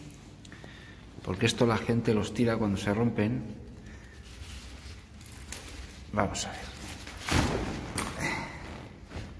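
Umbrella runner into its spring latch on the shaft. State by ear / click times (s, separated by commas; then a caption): not seated / none. Someone talks while pushing the runner of a broken umbrella up its shaft toward the spring latch to open it. A loud thump is heard near the end, but the spring catch does not hold the umbrella open. Nothing has seated or clicked into the latch yet.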